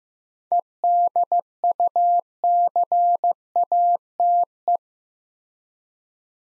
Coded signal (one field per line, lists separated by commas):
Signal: Morse code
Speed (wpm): 15 wpm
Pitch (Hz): 700 Hz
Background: none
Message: EDUCATE